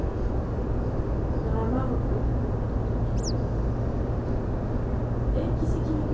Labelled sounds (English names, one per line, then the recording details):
man-made sound
Western Yellow Wagtail
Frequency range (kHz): Western Yellow Wagtail 2.1-9.0 kHz
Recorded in France